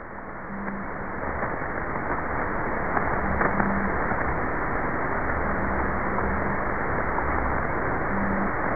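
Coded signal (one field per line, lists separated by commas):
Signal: radio time signal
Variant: WWV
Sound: heavy shortwave hiss with faint clicks and a low humming pulsed time-code tone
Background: radio static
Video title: WWV Time Signal (Fort Collins, Colorado, USA) - 25000 kHz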